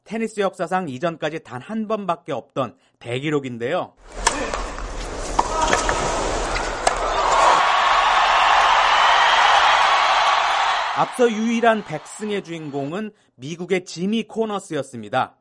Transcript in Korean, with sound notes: 테니스 역사상, 이전까지 단한 번밖에 없던 대기록인데요. [녹취: 테니스 경기 현장음] 앞서 유일한 100승의 주인공은 미국의 지미 코너스였습니다.